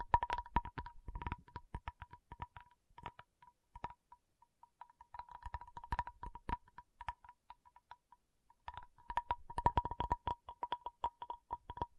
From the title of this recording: Tapping Session (No Talking)